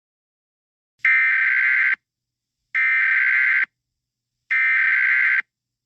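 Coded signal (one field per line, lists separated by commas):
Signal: Emergency Alert System (SAME) tones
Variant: header bursts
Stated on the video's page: Simulated EAS alert scenario.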